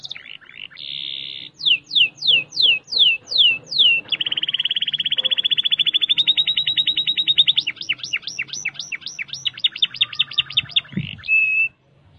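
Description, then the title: Canary song: a varied sequence of tours, with a steady held note, slow downward-sweeping whistles, a fast rattling trill, then higher looping notes and a short final note. "Kenari"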